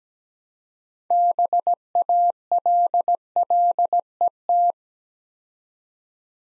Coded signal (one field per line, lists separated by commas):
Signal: Morse code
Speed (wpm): 17 wpm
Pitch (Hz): 700 Hz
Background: none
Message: BALLET